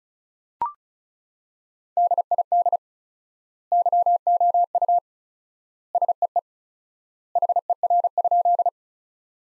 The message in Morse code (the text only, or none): DID YOU SEE HER?